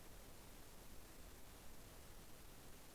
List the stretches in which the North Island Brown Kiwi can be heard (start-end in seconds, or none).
none